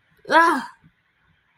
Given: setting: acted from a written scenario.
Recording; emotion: vocal sound without words; guilt